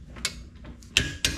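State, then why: Torque reached. A torque wrench tightens a brake fastener during a front brake upgrade on a Porsche 911 with GiroDisc rotors, caliper studs and Ferodo pads. After faint ratcheting ticks, sharp clicks sound at 1.0 s and 1.2 s. The wrench clicks at 50 foot-pounds, confirming the fastener is torqued to spec.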